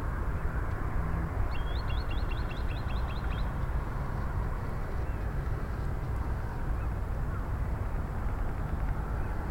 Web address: koe kusashigi